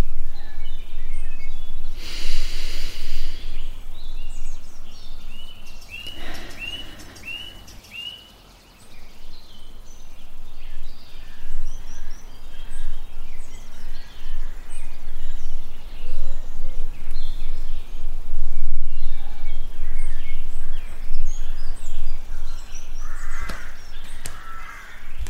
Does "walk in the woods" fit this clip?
yes